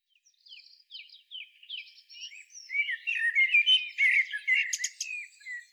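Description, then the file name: Eurasian blackbird: thin high chirps spaced at first, building into a dense, busy chatter of squeaky twittering notes with a few sharp clicks near the end. "Turdus merula"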